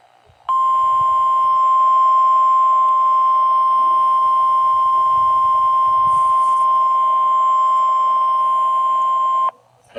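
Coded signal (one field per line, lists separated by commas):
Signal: Emergency Alert System (SAME) tones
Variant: 1050 Hz attention tone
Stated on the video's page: Required weekly test on a NOAA weather radio station.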